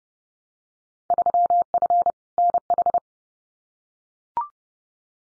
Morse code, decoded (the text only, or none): 3F NH